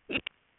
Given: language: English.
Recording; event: throat vibration sensor signal played as sound; swallow